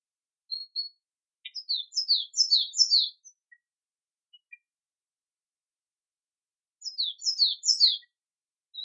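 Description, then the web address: Bird song: high chirping phrases of quick descending notes, a burst near the start and another near the end, with silence between. Native forest bird. "vogel februar vogel f 4 heimisch"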